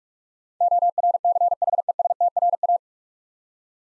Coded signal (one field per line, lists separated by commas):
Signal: Morse code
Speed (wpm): 44 wpm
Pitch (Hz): 700 Hz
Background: none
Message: ORCHESTRA